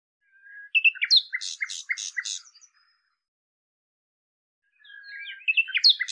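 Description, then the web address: Common nightingale song: a phrase of loud, rapidly repeated notes, then a pause before another phrase begins. "cianscape birddata Deverinetal 2025"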